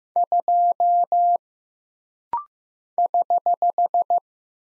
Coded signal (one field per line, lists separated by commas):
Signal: Morse code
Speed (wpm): 15 wpm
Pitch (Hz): 700 Hz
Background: none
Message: 2 <HH>